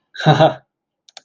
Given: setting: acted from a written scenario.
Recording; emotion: vocal sound without words; adoration